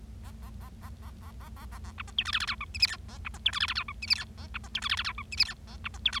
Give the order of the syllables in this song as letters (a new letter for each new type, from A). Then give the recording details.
A A A A A A A A A A B C D E F F G H I J K A B C D E F F G H I J K A B C D E F F G H I J K A B C D E. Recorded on 25 March 2012 at 17:49. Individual gy6or6